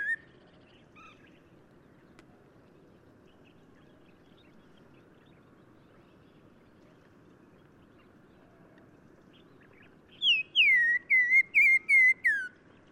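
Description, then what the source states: Black-crowned tchagra whistled song: after a long quiet stretch, a quick series of clear whistled notes sliding downward overall, over a soft low background hiss. Recorded in Morocco.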